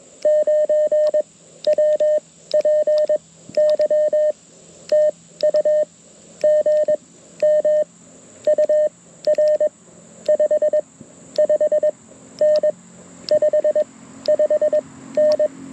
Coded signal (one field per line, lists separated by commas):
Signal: Morse code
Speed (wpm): 21 wpm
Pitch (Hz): 1800 Hz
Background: none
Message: 9 W P Y TU GM UR 55N 55N